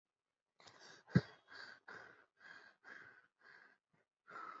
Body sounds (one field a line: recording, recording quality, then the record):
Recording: deep breathing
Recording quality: excellent, no background noise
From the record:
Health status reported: healthy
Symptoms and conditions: none ticked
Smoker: not ticked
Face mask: not worn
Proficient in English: yes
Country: India